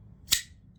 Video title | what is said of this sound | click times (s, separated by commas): frame lock flipper faceoff | mean you see you can hear that snap | 0.3 s